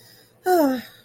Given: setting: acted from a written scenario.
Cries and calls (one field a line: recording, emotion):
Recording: vocal sound without words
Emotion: disappointment